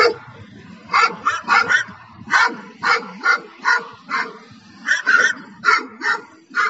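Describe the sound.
Dogs barking, sharp repeated barks in quick irregular runs, roughly two per second.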